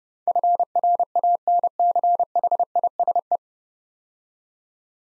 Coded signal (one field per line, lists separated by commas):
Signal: Morse code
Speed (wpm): 30 wpm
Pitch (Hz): 700 Hz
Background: none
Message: FRANCHISE